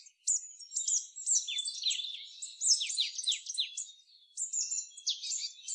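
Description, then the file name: Marsh tit calls: dense bursts of sharp, high chirping notes with downward slurs, nearly continuous for about four seconds with a short gap before the last phrase. "Poecile palustris"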